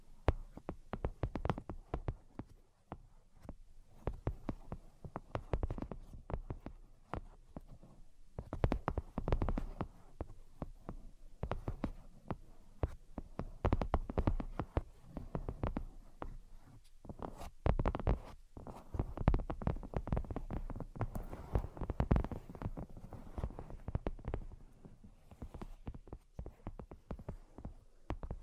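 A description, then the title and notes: A dense, irregular stream of tapping runs through the whole clip, with quick soft knocks packed closely together and heavier thumps scattered among them. The taps sit mostly low and dull, with brighter clicks now and then, and the pace barely lets up. ASMR Brain Penetrating 3D Tapping (No Talking).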